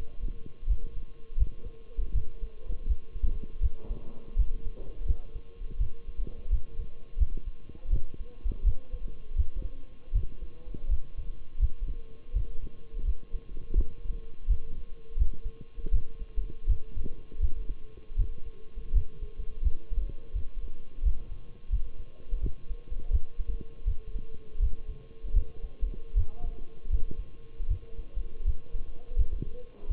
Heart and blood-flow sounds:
heart sounds by stethoscope; between the tricuspid and mitral areas; 82 bpm
0.69 s: heartbeat
1.39 s: heartbeat
2.14 s: heartbeat
2.88 s: heartbeat
3.62 s: heartbeat
4.38 s: heartbeat
5.07 s: heartbeat
5.80 s: heartbeat
6.52 s: heartbeat
7.19 s: heartbeat
7.92 s: heartbeat
8.66 s: heartbeat
9.37 s: heartbeat
10.14 s: heartbeat
10.90 s: heartbeat
11.61 s: heartbeat
12.35 s: heartbeat
13.06 s: heartbeat
13.77 s: heartbeat
14.49 s: heartbeat
15.18 s: heartbeat
15.93 s: heartbeat
16.68 s: heartbeat
17.41 s: heartbeat
18.18 s: heartbeat
18.94 s: heartbeat
19.64 s: heartbeat
20.35 s: heartbeat
21.04 s: heartbeat
21.72 s: heartbeat
22.42 s: heartbeat
23.12 s: heartbeat
23.87 s: heartbeat
24.61 s: heartbeat
25.35 s: heartbeat
26.16 s: heartbeat
26.91 s: heartbeat
27.70 s: heartbeat
28.46 s: heartbeat
29.18 s: heartbeat
29.90 s: heartbeat
From the record:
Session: Bruce protocol treadmill stress test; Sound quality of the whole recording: partially saturated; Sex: male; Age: 23 years

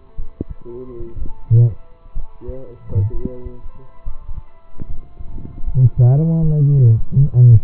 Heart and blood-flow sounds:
heart sounds by stethoscope; between the tricuspid and mitral areas; 68 bpm
0.15 s: heartbeat
1.17 s: heartbeat
2.13 s: heartbeat
3.11 s: heartbeat
4.03 s: heartbeat
4.86 s: heartbeat
5.63 s: heartbeat
6.40 s: heartbeat
7.17 s: heartbeat
From the record:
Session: rest, lying down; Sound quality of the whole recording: partially saturated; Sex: male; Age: 27 years

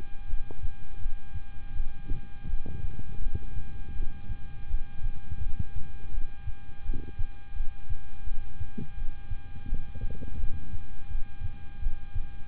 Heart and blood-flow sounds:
heart sounds by stethoscope; between the tricuspid and mitral areas; 83 bpm
0.27 s: heartbeat
0.99 s: heartbeat
1.73 s: heartbeat
2.47 s: heartbeat
3.20 s: heartbeat
3.93 s: heartbeat
4.67 s: heartbeat
5.40 s: heartbeat
6.11 s: heartbeat
6.83 s: heartbeat
7.54 s: heartbeat
8.24 s: heartbeat
8.95 s: heartbeat
9.66 s: heartbeat
10.37 s: heartbeat
11.08 s: heartbeat
11.80 s: heartbeat
From the record:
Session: rest, lying down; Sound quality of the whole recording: good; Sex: male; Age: 26 years

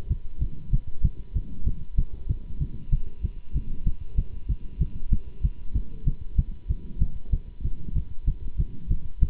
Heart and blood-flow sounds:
heart sounds by stethoscope; between the tricuspid and mitral areas; 191 bpm
0.09 s: heartbeat
0.40 s: heartbeat
0.71 s: heartbeat
1.03 s: heartbeat
1.34 s: heartbeat
1.65 s: heartbeat
1.97 s: heartbeat
2.28 s: heartbeat
2.59 s: heartbeat
2.91 s: heartbeat
3.22 s: heartbeat
3.54 s: heartbeat
3.85 s: heartbeat
4.16 s: heartbeat
4.48 s: heartbeat
4.79 s: heartbeat
5.11 s: heartbeat
5.42 s: heartbeat
5.74 s: heartbeat
6.05 s: heartbeat
6.37 s: heartbeat
6.68 s: heartbeat
7.00 s: heartbeat
7.31 s: heartbeat
7.63 s: heartbeat
7.94 s: heartbeat
8.26 s: heartbeat
8.57 s: heartbeat
8.89 s: heartbeat
9.21 s: heartbeat
From the record:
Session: Bruce protocol treadmill stress test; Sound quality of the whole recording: good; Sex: male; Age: 24 years

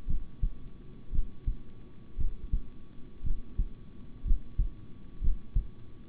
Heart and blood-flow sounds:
heart sounds by stethoscope; between the tricuspid and mitral areas; 58 bpm
0.07 s: heartbeat
1.11 s: heartbeat
2.17 s: heartbeat
3.23 s: heartbeat
4.24 s: heartbeat
5.20 s: heartbeat
From the record:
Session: rest, sitting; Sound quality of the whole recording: good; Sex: male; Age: 26 years

